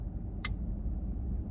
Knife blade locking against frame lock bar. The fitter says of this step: because it seemed lockup seems really good there's no stick you